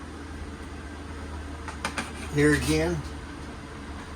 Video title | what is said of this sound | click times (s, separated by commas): Virtual Walkthrough of the 2024 Cruiser RV Stryker ST2516 Toy Hauler at Parkland RV Center | Our shades pull down, lock into place. | 1.9 s